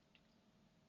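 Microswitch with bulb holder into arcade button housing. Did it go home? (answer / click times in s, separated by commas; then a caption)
no / none. An arcade button microswitch, holding an RGB LED module in its bulb holder, is handled against the back of a translucent plastic arcade button, with only a brief faint tick near 0.15 s over a low, steady background. Nothing has seated or clicked into place yet.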